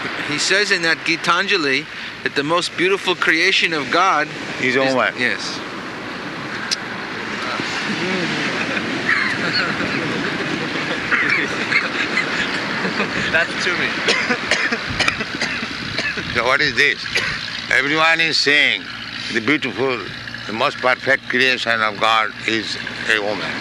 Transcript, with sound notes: He says in that Gītāñjali that the most beautiful creation of God...
Is woman.
Yes. [laughter]
That's tumi.
So what is this? Everyone is seeing the beautiful, the most perfect creation of God, is a woman.